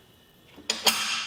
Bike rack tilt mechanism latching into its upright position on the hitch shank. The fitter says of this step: and put this back into the seated position just by pushing on the rack till it clicks back into place